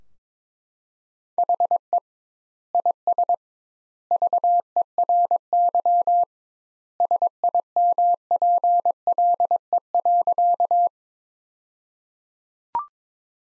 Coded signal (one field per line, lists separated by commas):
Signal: Morse code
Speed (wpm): 22 wpm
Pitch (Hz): 700 Hz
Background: none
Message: HE IS VERY SIMPLE.